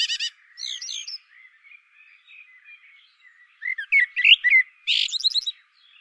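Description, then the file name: Common blackbird singing a quick series of mellow warbles and high chattering squeaks. "Turdus merula"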